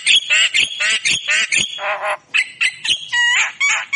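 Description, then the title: Javan myna giving harsh, nasal squawks and grating chatter notes, with a brief clear whistle near the end. Javan myna singing prolifically, with song interspersed with imitations of magpie-robin, green leafbird and lovebird. "Kicauan Jalak Kebo Gacor Istimewa isian Murai Cucak Ijo Lovebird"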